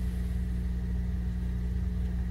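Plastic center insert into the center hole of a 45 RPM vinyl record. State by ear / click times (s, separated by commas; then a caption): not seated / none. A plastic center insert is being worked into the center hole of a 45 RPM vinyl record while the record is bent up a little to make it fit, as the inserts are tricky to put in. A steady low hum fills the clip, and nothing has snapped into place yet.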